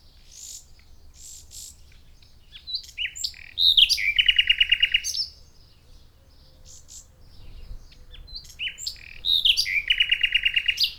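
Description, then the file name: Common nightingale song in two phrases, each opening with varied whistles and ending in a rapid, loud repeated rattling run of notes, separated by a quiet pause. "Luscinia megarhynchos"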